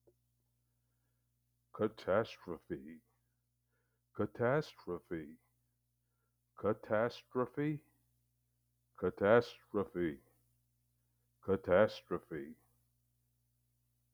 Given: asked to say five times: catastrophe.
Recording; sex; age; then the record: repeated word; male; 60 to 69 years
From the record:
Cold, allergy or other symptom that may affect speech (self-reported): no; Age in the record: 69 years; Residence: California, United States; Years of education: 14